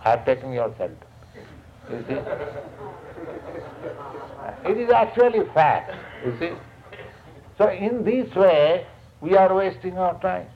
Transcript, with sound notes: I have taken your shelter. You see? [laughter] It is actually a fact. You see? So in this way we are wasting our time.